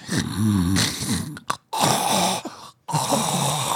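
An adult imitates another adult's snoring: rough, irregular snorting bursts with no steady rhythm, broken by brief silent gaps, mimicking snoring caused by a deviated septum plus sleep apnea, in which breathing stops for about seven or eight seconds at a time.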